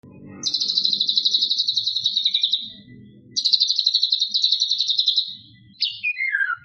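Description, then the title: White-rumped shama song: two long, high, rapid buzzy trills, each lasting about two seconds, followed by a short descending whistled note. Training recording (masteran) for cage birds. "MURAI BATU LABAIK"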